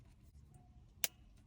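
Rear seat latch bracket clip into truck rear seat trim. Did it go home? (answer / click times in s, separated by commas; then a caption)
yes / 1.0 s. A plastic clip on a BuiltRight Industries rear seat latch bracket is pushed into its round hole in the rear seat trim of an F-150 truck. It snaps home with one sharp click at 1.0 s over a quiet, low background hum. The clip is seated.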